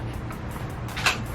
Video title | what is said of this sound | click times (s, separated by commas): C5 Chevrolet Corvette full car stereo install | second click hood is closed we're that much closer to being done with this thing yes | 1.1 s